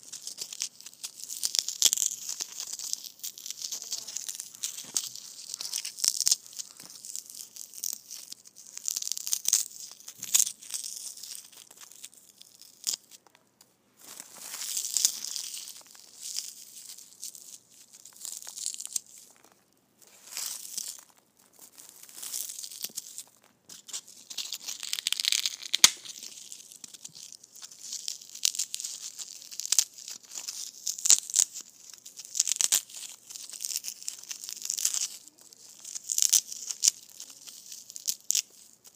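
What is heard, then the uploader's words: Foam balls are squeezed and squished up close, making crinkly, hissing rustles that come in irregular bursts throughout. The sound is bright and airy with little low end, pausing briefly around 13, 20 and 26 seconds before the squeezing resumes in a quiet small room. ASMR Foam Balls Squishing.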